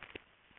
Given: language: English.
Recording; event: throat vibration sensor signal played as sound; swallow